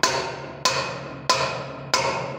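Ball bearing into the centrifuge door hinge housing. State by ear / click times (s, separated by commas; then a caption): not seated / none. A ball bearing is tapped into the door hinge housing on the lid of an RWM centrifuge, with four sharp, ringing impacts at about 0.0, 0.6, 1.3 and 1.9 seconds, each decaying before the next, while music plays in the background. The bearing has not seated yet; nothing has clicked home.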